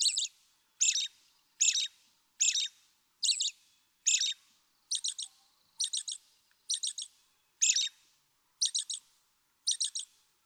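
American robin song: short, bright warbled phrases repeated steadily about every second, the later ones sounding more broken and chattering, with quiet gaps between them.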